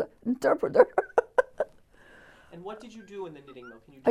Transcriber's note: she laughs